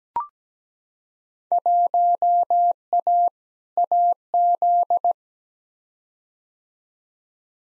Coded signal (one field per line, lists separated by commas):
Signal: Morse code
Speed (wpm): 17 wpm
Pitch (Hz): 700 Hz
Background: none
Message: 1A AZ